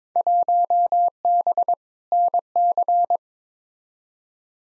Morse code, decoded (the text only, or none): 1B NC